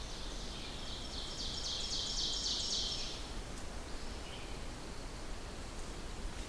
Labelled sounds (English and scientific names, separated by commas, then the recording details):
Ovenbird (Seiurus aurocapilla) song
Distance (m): 50 m
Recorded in boreal forest in Alberta, Canada, on 14 June 2016 at 08:25
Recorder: SongMeter 3, array SBT-3-33
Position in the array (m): 105 m, 136 m
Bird 21